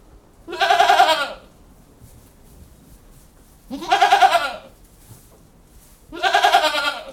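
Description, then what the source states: Goat giving loud shaky bleats, three separate cries spaced a few seconds apart. Goats moving around pens and chewing cud.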